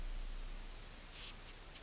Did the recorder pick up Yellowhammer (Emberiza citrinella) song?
no